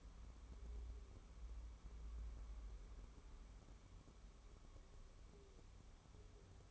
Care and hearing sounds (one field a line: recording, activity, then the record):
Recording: daily activity, microphone in the room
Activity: wipe stove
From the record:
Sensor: 1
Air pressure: 1015.1 hPa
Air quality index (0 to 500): 40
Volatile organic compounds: 1 ppm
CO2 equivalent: 587 ppm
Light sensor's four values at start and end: 13/32/13/14 and 13/32/13/14